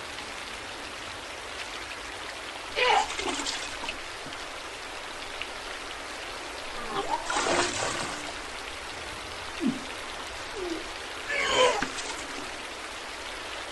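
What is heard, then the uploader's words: Three bursts of retching and puking break through a steady hiss, near 3, 7.5 and 11.5 seconds, each a harsh, gurgling heave lasting about a second. The middle one is the longest and roughest. Between them a constant rain-like wash and faint low rumble continue. This is literally puking sounds for an hour with a backdrop.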